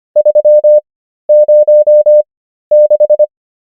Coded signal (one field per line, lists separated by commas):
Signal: Morse code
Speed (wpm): 25 wpm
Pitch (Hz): 600 Hz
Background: none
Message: 306